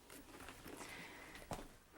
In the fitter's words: put the leg rest back on it's important to come from the back of it like this and then swing it back into place and make sure that's locked into place